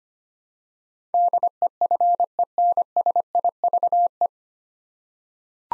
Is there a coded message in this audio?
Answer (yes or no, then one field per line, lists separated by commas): yes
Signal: Morse code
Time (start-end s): 1.1-4.3 s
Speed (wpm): 25 wpm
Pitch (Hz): 700 Hz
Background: none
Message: DEFENSIVE